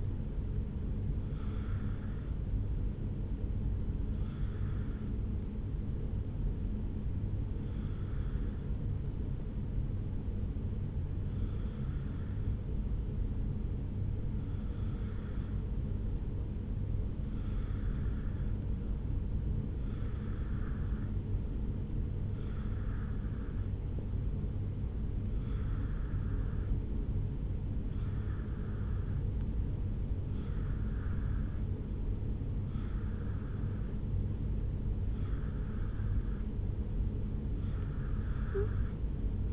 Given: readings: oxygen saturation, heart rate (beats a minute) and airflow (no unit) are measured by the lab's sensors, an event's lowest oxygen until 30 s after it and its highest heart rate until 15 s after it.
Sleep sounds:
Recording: breathing in sleep by a smartphone at the bedside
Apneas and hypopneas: 1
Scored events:
6.00-31.00 s: hypopnea (N2, oxygen 95% highest, then 88% lowest, heart rate 54 at the start, 69 highest)
From the record:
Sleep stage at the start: N2 (light sleep)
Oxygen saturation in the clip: 87 to 95%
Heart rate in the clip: 54 to 69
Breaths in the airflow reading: 13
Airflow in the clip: -2.0 to 2.1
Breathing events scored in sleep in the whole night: 449 in 7.0 hours asleep

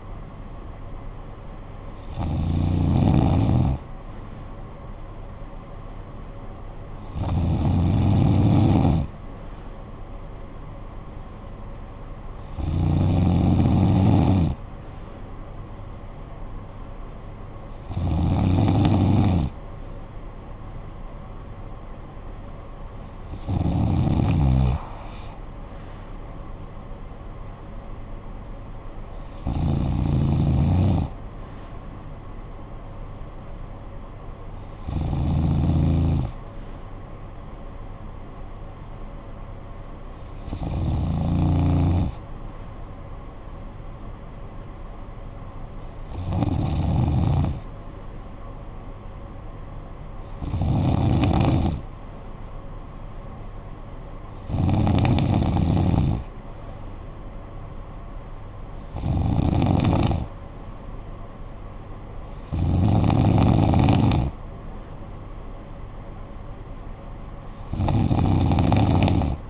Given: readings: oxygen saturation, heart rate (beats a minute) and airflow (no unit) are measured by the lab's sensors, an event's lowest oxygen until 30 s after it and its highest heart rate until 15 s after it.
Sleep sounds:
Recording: breathing in sleep by a smartphone at the bedside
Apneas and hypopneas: none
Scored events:
3.00-69.50 s: new sleep stage, N2 (light sleep)
From the record:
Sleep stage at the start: N1 (lightest sleep)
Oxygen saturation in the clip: 93 to 95%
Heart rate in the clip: 51 to 56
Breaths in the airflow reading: 13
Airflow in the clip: -10.5 to 8.5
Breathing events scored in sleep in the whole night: 445 in 7.6 hours asleep

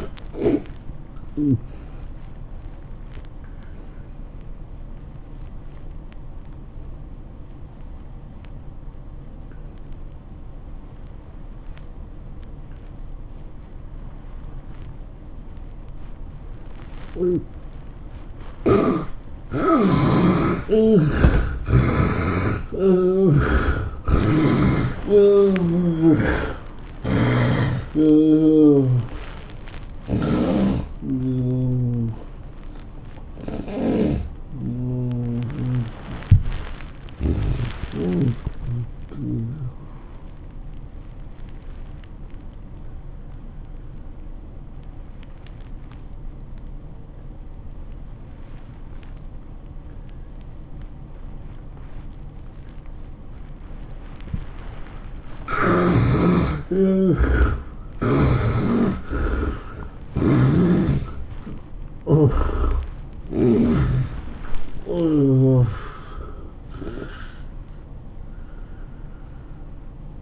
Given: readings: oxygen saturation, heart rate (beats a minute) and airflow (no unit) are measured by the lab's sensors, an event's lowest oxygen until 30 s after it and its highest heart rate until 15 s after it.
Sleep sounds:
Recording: breathing in sleep by a smartphone at the bedside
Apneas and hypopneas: 2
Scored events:
3.00-19.00 s: obstructive apnea (N1, oxygen 96% highest, then 75% lowest, heart rate 111 at the start, 112 highest)
43.00-58.10 s: obstructive apnea (N1, oxygen 96% highest, then 74% lowest, heart rate 111 at the start, 112 highest)
From the record:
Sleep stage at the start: N1 (lightest sleep)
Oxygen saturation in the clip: 72 to 96%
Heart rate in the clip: 91 to 112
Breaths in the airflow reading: 12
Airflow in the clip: -17.3 to 13.5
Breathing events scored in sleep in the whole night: 403 in 5.5 hours asleep

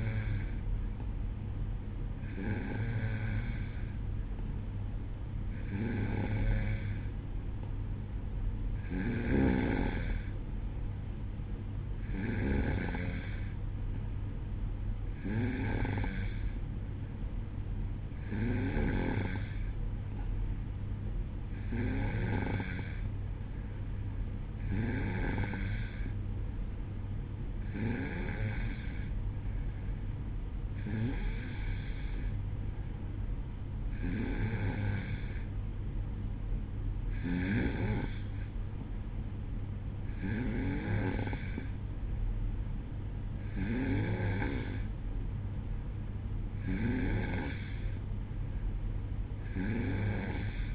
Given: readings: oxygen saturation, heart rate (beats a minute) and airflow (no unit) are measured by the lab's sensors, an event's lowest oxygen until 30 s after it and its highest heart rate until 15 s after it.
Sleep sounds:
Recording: breathing in sleep by a smartphone at the bedside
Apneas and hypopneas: none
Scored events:
none scored
From the record:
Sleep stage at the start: N2 (light sleep)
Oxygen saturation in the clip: 91 to 92%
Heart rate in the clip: 61 to 66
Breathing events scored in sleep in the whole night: 305 in 9.6 hours asleep

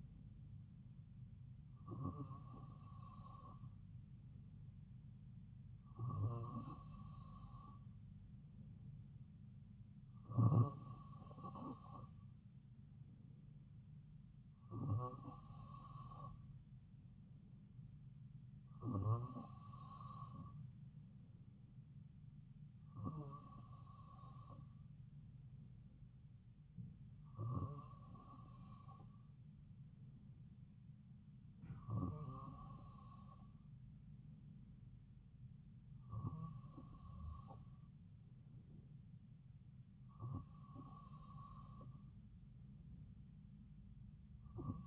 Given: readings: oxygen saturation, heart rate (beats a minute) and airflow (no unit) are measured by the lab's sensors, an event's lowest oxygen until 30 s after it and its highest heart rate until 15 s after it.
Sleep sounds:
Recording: breathing in sleep by a smartphone at the bedside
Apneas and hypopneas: none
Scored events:
none scored
From the record:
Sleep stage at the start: N2 (light sleep)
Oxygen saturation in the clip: 94%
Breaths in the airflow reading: 10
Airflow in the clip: -2.8 to 2.2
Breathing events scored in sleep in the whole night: 270 in 6.1 hours asleep

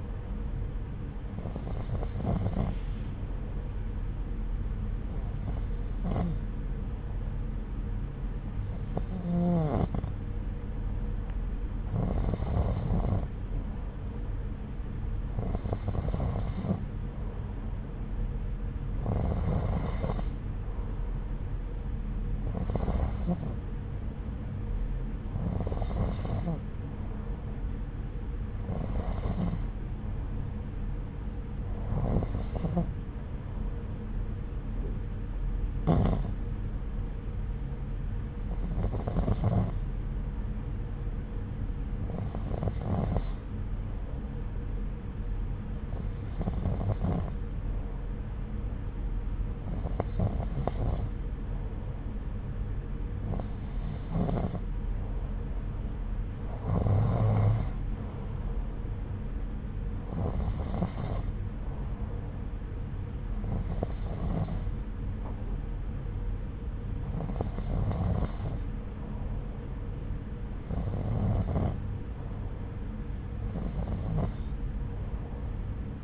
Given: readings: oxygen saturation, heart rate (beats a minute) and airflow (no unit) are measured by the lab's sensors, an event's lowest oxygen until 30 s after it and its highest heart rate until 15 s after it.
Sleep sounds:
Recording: breathing in sleep by a smartphone at the bedside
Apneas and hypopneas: none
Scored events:
none scored
From the record:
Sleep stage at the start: N2 (light sleep)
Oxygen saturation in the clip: 90 to 92%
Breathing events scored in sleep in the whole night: 303 in 8.1 hours asleep

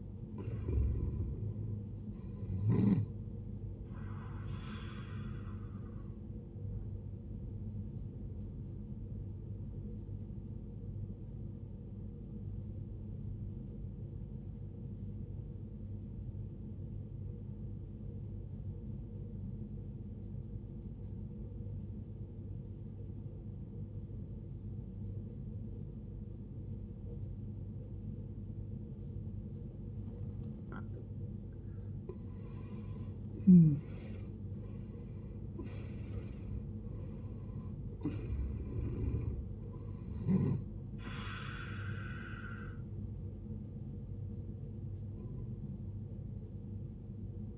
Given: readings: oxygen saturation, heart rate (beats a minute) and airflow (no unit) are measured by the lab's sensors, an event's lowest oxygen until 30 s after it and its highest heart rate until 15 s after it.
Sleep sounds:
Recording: breathing in sleep by a smartphone at the bedside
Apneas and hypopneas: 1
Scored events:
10.00-40.00 s: new sleep stage, N2 (light sleep)
12.00-31.90 s: obstructive apnea (N2, oxygen 94% highest, then 79% lowest, heart rate 56 at the start, 75 highest)
40.00-47.58 s: new sleep stage, N1 (lightest sleep)
From the record:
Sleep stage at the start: N1 (lightest sleep)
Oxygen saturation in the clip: 76 to 94%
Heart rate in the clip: 50 to 79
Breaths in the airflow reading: 6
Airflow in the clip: -16.0 to 18.5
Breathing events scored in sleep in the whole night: 389 in 6.3 hours asleep

